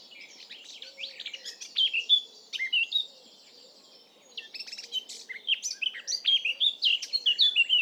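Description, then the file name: Eurasian blackcap song: fast scratchy warbles and bright whistled notes in two bursts separated by a quiet gap, with faint low background noise. "Sylvia atricapilla"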